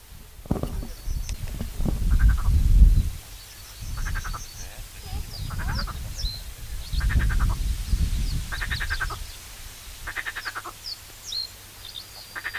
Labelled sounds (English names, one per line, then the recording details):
Marsh Frog call
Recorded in the wild
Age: adult
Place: Köppchensee (Fließtal), NSG Fließtal, Berlin, DE
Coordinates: 52.6231, 13.3747
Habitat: pond
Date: 1996-07-14 12:20
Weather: fair, 22°C, gusty wind
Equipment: Sony MD-WM MZ-R3, Sennheiser MKH 416 T, Kopie Uher 4000 Report Monitor
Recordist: Tembrock, Günter